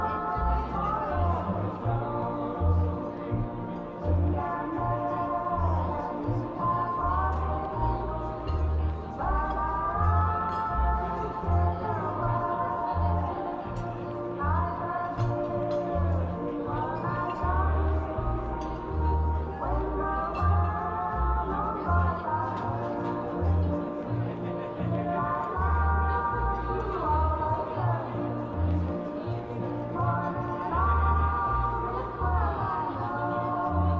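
Oldie music plays in a coffee shop at a steady, even level throughout. A bouncy bass line thumps in a regular pattern beneath a bright, sliding melody that repeats every few seconds, with faint talking mixed in underneath.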